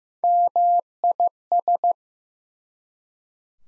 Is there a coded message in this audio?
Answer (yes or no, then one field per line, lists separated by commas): yes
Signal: Morse code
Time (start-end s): 0.2-1.9 s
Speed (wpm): 16 wpm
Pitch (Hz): 700 Hz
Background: none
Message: MIS